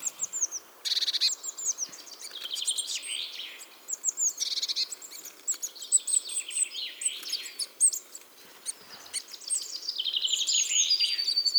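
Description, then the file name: Eurasian blue tit song amid a background hiss, high thin notes and buzzy trills repeated in overlapping bursts. "Cyanistes caeruleus"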